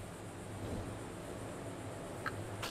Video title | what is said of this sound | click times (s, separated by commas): 1989 Ford Mustang Tune up, Spark plugs and wires | you want to make sure you snap it all the way on you'll feel it and you'll hear it snap | 2.3 s